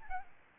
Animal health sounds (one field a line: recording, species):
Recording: mosquito wingbeat signal from an infrared sensor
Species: Aedes albopictus